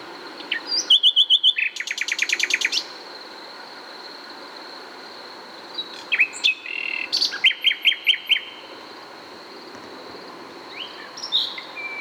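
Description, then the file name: Common nightingale song: a fast rattle of repeated notes, then a long silence, then whistled and trilled phrases with rapid repeats; a steady high hum runs throughout. "Luscinia megarhynchos"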